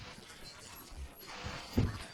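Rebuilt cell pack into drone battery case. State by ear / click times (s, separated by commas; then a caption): not seated / none. A rebuilt cell pack is handled and pressed down into a plastic DJI drone battery case, with soft scraping and handling noises and a louder knock near 1.8 s. Nothing has seated or clicked into place yet.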